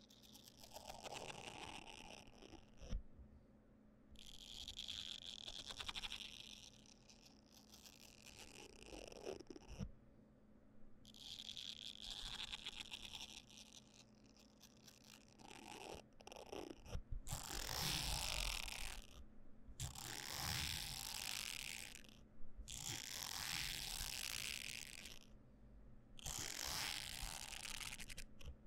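Comb and massage-tool triggers: bursts of bright scratchy brushing and scraping, a few seconds each, separated by brief pauses, over a low steady hum.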